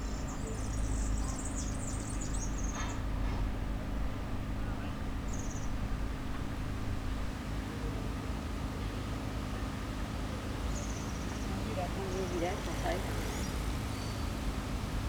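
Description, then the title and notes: European serin song: thin, very high jingling phrases in short bursts, nearly buried under a loud, steady low rumble of machinery. Solitary bird beside a cycle path near the Sierroz, Allée Marcel Mailly, Aix-les-Bains, France; construction noise. "Allée Marcel Mailly, 73100 Aix-les-Bains, France - Serin cini. Au bord de la piste cyclable près du Sierroz un serin cini solitaire , bruits de travaux,quelques passants"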